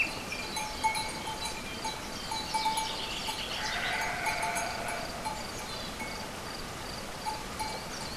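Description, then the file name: Sheep bleating in a drawn-out, wavering call around the middle, with scattered bird chirps and a light background hiss. Sheep together with birds at a farm ('chez le maitre') on 29 April 2011. "oiseaux moutons chez le maitre 29 04 11"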